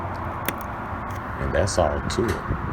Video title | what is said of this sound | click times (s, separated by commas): How to change your overhead third brake or cargo lights on your Toyota Tundra | put it in a little slot, and wiggle it up and down. And you'll hear it click into place. | 0.5 s